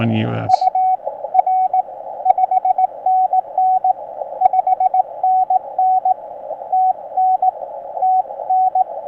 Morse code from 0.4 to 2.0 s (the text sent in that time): UR